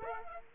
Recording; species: mosquito wingbeat signal from an infrared sensor; Aedes aegypti